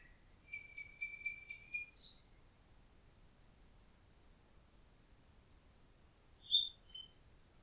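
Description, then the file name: Common nightingale song: a fast, even trill, a sharp note, a long pause, then two short high chirps and a thin whistle. "Nachtigall"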